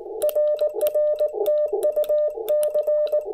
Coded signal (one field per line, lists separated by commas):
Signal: Morse code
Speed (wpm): 17 wpm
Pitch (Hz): 590 Hz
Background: none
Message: RR TU C